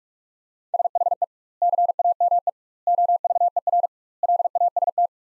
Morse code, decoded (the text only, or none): SHE CAME OVER LAST